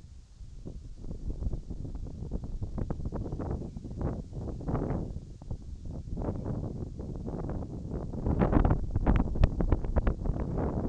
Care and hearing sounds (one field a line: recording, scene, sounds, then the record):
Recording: everyday scene through a hearing-aid microphone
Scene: wind on the microphone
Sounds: wind, birds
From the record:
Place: in front of a rural house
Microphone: in the ear canal, right